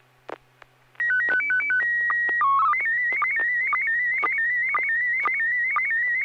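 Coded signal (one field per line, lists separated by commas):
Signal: SSTV (slow-scan television)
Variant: PD 120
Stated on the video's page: SSTV net on a 441.300 MHz FM repeater, images sent with MMSSTV.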